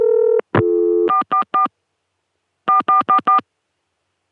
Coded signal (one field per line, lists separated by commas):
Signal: DTMF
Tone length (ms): 120 ms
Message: 444 4444